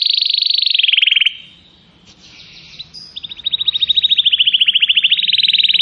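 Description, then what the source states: Canary song: a fast high trill drops slightly in pitch, a brief quiet pause, then a rhythmic rapid trill resumes and continues steadily. Song used as a lure to attract birds.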